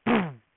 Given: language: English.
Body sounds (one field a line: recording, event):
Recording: throat vibration sensor signal played as sound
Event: throat clearing